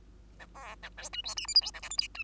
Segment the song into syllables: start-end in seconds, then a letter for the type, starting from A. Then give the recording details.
0.39-0.46 A, 0.55-0.76 B, 0.82-0.89 A, 0.97-1.09 C, 1.13-1.22 D, 1.24-1.35 E, 1.37-1.47 F, 1.47-1.54 G, 1.55-1.61 H, 1.61-1.71 I, 1.74-1.81 J, 1.82-1.89 K, 1.90-1.97 L, 1.98-2.08 M, 2.14-2.23 D. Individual Bird2